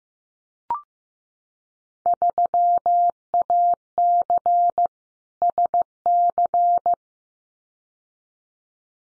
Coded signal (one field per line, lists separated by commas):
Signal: Morse code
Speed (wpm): 15 wpm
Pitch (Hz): 700 Hz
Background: none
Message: 3AC SC